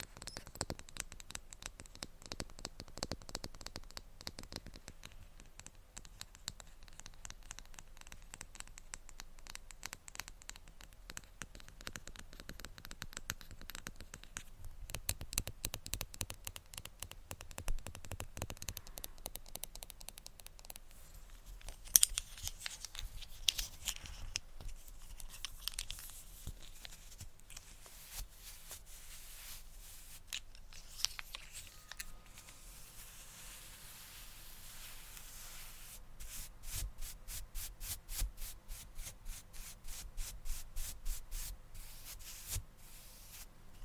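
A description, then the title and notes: Close-up makeup unboxing sounds: dense runs of quick scratching, rubbing and brushing strokes fill the whole stretch, with rapid tapping bursts around 15–18 and 36–42 seconds. The sounds are near and crisp, with a few sharper clicks. ASMR Up-Close Makeup Unboxing Lots of Triggers (Brushing,Tapping, & MORE).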